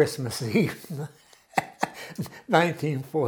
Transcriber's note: chuckles